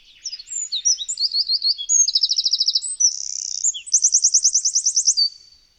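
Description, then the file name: Eurasian wren song: a loud, rapid outpouring of high notes with fast buzzy trills, a sustained rattle near the middle and a final quick trill, about five seconds long. "Strzyzyk"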